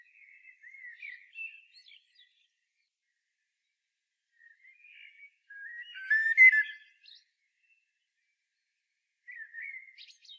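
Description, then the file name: Common blackbird song in scattered phrases: soft warbled whistles at the opening, a louder fluty burst near six seconds, then a brief rising phrase at the end amid long quiet gaps. "Turdus merula"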